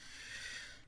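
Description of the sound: A single harsh, hissing rush of air lasts under a second, steady at first and then fading, with no voice. This is breathing through a tracheostomy tube in a man in his 40s, placed as an emergency after his airway narrowed to about the size of a pinhole from swelling and scar tissue; the tube gives a noisy airflow sound at the neck opening.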